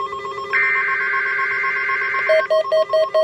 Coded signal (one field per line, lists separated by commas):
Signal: Emergency Alert System (SAME) tones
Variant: header bursts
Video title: KHB97 Required Weekly Test - EAS #424